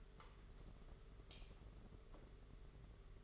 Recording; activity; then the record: daily activity, microphone in the room; light on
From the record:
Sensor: 4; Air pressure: 991.8 hPa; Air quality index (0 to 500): 98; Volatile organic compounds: 11 ppm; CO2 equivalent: 2291 ppm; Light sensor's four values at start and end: 7/16/6/6 and 9/25/9/11